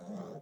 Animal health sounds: pig call; piglet (1 to 25 days)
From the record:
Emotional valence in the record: negative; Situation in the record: long isolation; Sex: male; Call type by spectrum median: low-frequency call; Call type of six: low-frequency stable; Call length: 0.43 s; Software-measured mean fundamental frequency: 71 Hz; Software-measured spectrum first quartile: 195 Hz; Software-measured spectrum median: 344 Hz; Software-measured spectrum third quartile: 627 Hz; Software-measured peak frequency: 192 Hz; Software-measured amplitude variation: 154 dB a second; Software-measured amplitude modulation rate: 22.3 a second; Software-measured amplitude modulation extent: 6.9 dB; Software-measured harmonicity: 3.0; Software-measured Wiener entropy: 0.04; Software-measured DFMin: 1728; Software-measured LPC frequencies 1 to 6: 520, 3465, 5661, 6467, 7259, 9454 Hz

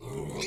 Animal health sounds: pig call; weaner (32 to 43 days)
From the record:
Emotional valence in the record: negative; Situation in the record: short isolation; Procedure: open field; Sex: female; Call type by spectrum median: low-frequency call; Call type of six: mixed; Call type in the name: high-frequency modulated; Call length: 0.47 s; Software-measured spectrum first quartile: 317 Hz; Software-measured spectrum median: 1098 Hz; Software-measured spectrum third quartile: 4166 Hz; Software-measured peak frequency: 397 Hz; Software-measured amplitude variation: 106 dB a second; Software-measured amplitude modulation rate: 22.5 a second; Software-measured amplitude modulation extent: 4.7 dB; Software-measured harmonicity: 3.8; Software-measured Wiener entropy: -3.36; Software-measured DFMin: 1074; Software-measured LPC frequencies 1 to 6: 395, 2236, 3583, 4198, 4868, 5673 Hz

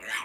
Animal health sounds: pig call; piglet (1 to 25 days)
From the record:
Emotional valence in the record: negative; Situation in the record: castration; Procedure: castration, cut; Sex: male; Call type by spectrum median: low-frequency call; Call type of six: low-frequency tonal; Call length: 0.25 s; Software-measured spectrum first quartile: 1631 Hz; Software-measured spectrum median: 2166 Hz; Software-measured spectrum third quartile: 3469 Hz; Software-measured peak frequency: 1755 Hz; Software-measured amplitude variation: 104 dB a second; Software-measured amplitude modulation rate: 6.1 a second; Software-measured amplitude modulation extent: 17.1 dB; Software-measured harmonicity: 1.5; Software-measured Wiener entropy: -1.45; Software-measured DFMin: 484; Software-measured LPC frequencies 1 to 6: 1055, 1769, 2225, 3077, 3773, 5074 Hz

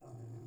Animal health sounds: pig call; weaner (32 to 43 days)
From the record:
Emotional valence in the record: negative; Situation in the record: restrain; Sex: male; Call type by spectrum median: low-frequency call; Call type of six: low-frequency stable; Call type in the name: low-frequency stable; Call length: 0.47 s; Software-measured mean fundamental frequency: 40 Hz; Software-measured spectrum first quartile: 116 Hz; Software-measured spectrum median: 190 Hz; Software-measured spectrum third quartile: 495 Hz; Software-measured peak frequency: 120 Hz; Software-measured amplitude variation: 92 dB a second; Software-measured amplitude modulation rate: 23.3 a second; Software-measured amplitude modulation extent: 4.0 dB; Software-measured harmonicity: 1.1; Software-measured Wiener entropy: 0.25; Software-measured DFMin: 742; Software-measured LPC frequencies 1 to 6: 2463, 3377, 4694, 5365, 6782, 7146 Hz

